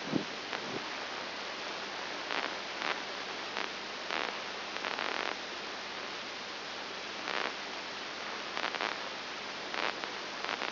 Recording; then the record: brain microelectrode recording played as sound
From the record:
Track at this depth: inside the subthalamic nucleus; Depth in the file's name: 4.901 mm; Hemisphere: left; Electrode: 2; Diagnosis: Parkinson's disease